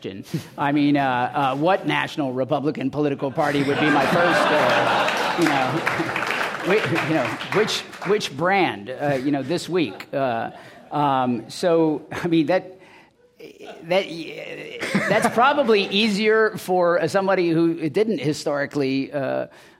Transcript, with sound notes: I mean what national Republican political party would be my first –
[Laughter]
– you know, which brand, you know, this week. So I mean that’s probably easier for somebody who didn't historically